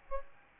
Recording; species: mosquito wingbeat signal from an infrared sensor; Aedes albopictus